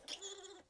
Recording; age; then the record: pig call; piglet (1 to 25 days)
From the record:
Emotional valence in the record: negative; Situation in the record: restrain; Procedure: back test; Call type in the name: high-frequency call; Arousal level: maximum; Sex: female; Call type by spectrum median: high-frequency call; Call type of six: high-frequency stable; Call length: 0.69 s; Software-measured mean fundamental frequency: 340 Hz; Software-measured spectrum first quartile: 2077 Hz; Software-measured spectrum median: 3569 Hz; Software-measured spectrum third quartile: 5919 Hz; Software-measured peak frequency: 3364 Hz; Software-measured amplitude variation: 188 dB a second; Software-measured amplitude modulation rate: 22.4 a second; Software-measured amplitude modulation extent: 8.4 dB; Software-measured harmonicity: 5.8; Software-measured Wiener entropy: -2.05